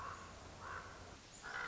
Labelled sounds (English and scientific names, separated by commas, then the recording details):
Common Raven (Corvus corax)
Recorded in Sonoma County, California